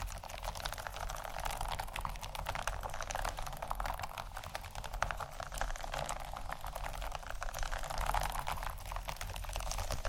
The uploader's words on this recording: ASMR 4 Textured Bags 1 Hour（No Talking）.